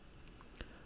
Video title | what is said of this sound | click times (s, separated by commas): Galaxy S5 Screen Repair, Charging Port Fix, Complete Teardown | it directly above and then you'll feel it feel it snap into place | 0.6 s